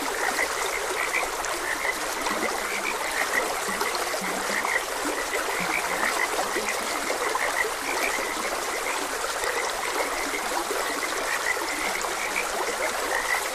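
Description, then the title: Frogs keep up a busy chorus of brief repeated croaks, a few lower notes among them, over the steady sound of flowing water. Frogs croaking beside a gentle stream. "Gentle Stream and Frogs Croaking"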